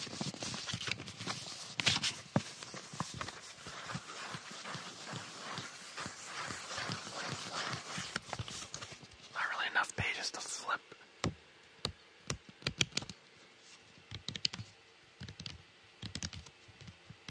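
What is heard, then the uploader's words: Dense, rapid tapping and rustling clicks fill the first ten seconds, with a brief scratchy sweep near ten seconds, then sparser, separate taps. Our friend Bearded Audio ASMR presents a tingle-filled episode including unboxing, wood sanding, tapping, paper, and much more.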